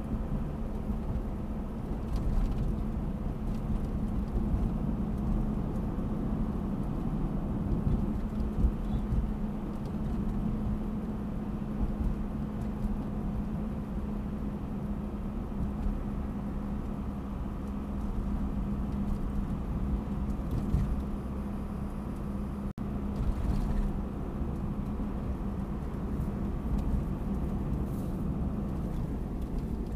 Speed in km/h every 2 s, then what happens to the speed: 54, 53, 53, 53, 52, 52, 51, 50, 50, 49, 49, 49, 50, 49, 47.
0-27 steady at about 50.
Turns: none.